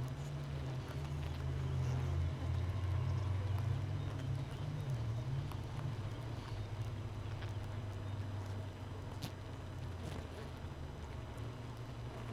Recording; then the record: honeybee colony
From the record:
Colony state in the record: missing queen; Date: 31 May 2018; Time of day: 5:06